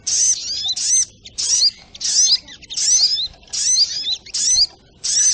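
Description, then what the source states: Crimson sunbird singing high, squeaky chattering phrases with bright slurred whistles, in short bursts separated by brief gaps. Bird song used as masteran for teaching songbirds.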